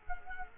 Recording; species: mosquito wingbeat signal from an infrared sensor; Culex quinquefasciatus